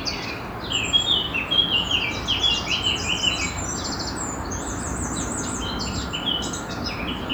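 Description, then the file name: Eurasian blackcap calls, twittering high notes strongest early, then thinner chirps over steady background noise. "Sylvia atricapilla"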